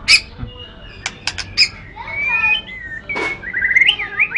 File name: kicau murai batu matrix pawang bc lhokseumawe